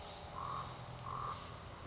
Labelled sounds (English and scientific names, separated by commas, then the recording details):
Common Raven (Corvus corax)
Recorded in Sonoma County, California